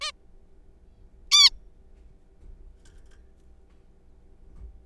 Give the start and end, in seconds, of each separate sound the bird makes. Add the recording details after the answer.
0.01-0.12, 1.31-1.50. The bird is a juvenile. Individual R3428